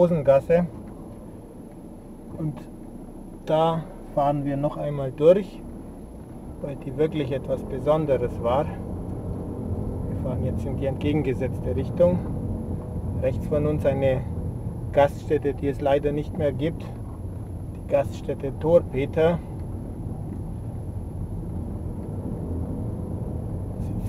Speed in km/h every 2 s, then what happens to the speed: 3, 2, 1, 10, 13, 18, 15, 12, 11, 13, 13, 13.
1-5 standing. 5-10 pulls away to 18. 10-15 slows to 11. 15-24 steady at about 13.